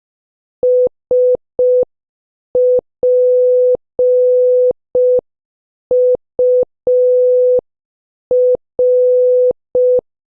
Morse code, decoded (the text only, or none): SPUR